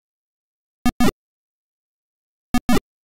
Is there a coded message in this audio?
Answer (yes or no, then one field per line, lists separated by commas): no